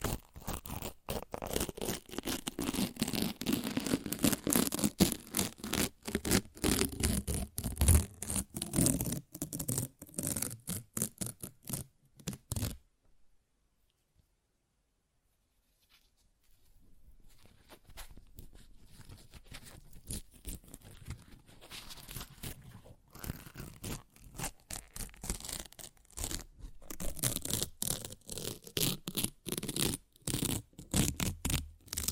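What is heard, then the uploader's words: Paper is ripped and torn in quick, crackling bursts, dense and busy for the first twelve seconds. A near-silent pause follows around 13 to 16 seconds, then the tearing resumes, somewhat softer and steadier, continuing to the end. ASMR Paper Ripping Tearing Sounds (No Talking).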